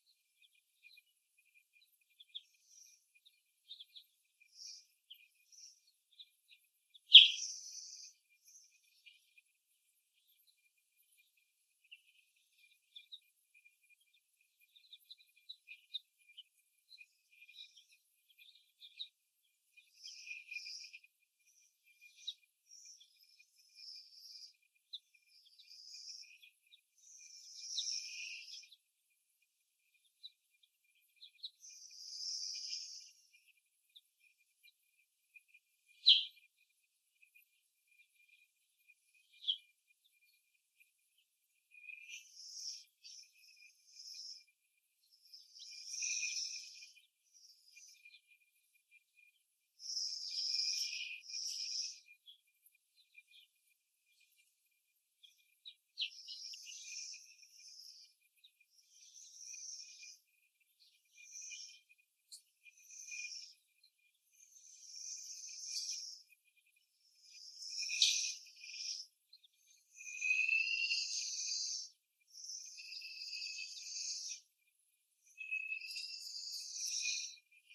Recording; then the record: young laying hens in a cage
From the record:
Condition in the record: before the stressor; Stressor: simulated dog barking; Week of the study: 1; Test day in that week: 1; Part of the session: 1